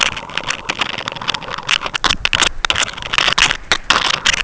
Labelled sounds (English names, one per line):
none